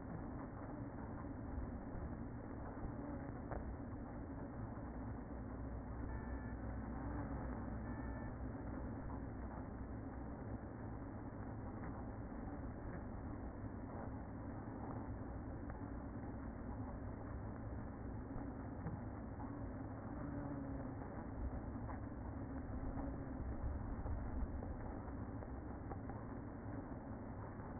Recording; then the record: honeybee colony, microphone inside the hive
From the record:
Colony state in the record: queen present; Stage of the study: after two queens were removed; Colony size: about 60,000 bees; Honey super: yes